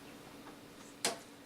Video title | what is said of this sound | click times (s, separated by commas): How to replace ink cartriges on a HP ENVY 5000 Series | lock it in there, and put it straight, and you should hear a clicking noise. | 1.1 s